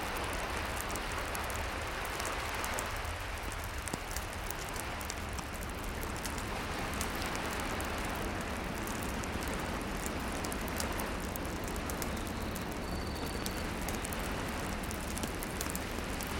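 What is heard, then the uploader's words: A fire crackles with dense, fast snaps over a steady low seaside roar, the whole scene constant, with no pauses. Flickering Fire by Ocean Seaside. The ocean waves crash in the distance.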